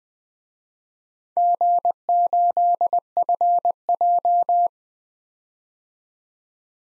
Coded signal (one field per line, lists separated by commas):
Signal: Morse code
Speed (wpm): 21 wpm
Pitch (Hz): 700 Hz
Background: none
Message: G8FJ